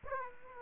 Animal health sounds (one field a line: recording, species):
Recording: mosquito wingbeat signal from an infrared sensor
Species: Aedes aegypti